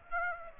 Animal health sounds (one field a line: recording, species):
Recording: mosquito wingbeat signal from an infrared sensor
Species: Aedes aegypti